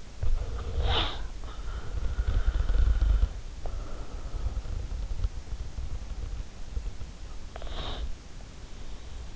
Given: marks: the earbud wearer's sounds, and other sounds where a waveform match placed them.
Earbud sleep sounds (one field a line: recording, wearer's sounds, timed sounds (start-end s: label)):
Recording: sounds in sleep by an in-ear microphone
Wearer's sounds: breath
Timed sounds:
0.00-3.64 s: breath
3.82-6.90 s: breath
7.24-8.90 s: breath